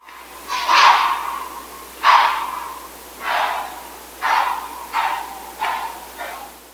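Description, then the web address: White-tailed deer snorts: seven sharp, breathy blasts coming every second or so, growing shorter and closer together toward the end. "Zoo Field Guide. WTDeer"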